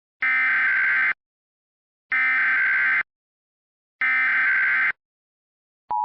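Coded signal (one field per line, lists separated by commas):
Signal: Emergency Alert System (SAME) tones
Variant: header bursts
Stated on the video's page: Mock EAS tornado warning, simulated.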